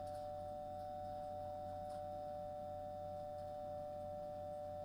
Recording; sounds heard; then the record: poultry house recording; no chicken sound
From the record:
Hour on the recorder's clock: 21